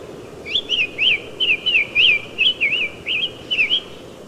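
Summer Tanager song: a quick series of whistled looping notes, rising then falling, delivered almost without pause.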